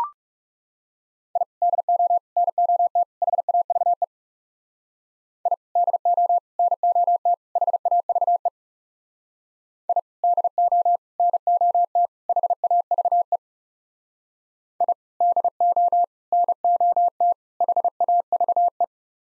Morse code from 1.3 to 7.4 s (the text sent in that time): I DO NOT HAVE I DO NOT